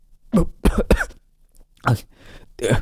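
A man coughs in a rapid fit of harsh bursts, sputtering and choking on the coffee he is drinking, with a raspy throat-clearing sound between the coughs.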